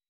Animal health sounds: hydrophone in a shrimp aquaculture tank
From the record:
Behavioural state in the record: weakened

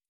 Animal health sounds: hydrophone in a shrimp aquaculture tank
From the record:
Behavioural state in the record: stressed

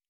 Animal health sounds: hydrophone in a shrimp aquaculture tank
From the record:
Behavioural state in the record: normal

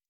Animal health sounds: hydrophone in a shrimp aquaculture tank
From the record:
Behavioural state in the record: stressed

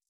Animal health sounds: hydrophone in a shrimp aquaculture tank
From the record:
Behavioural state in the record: stressed

